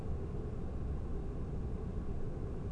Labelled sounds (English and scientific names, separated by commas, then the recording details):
none
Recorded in Germany
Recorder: ecoPi